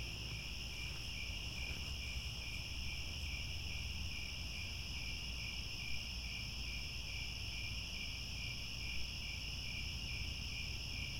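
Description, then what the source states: Crickets chirping in a dense chorus, steady high trilling bands with a fast pulsed beat in the lowest band, over a constant low rumble. Cricket chorus recorded at twilight, as the sun sets.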